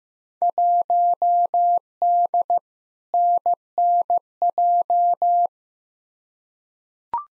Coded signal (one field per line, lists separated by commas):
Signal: Morse code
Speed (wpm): 15 wpm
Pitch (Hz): 700 Hz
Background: none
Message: 1D NNJ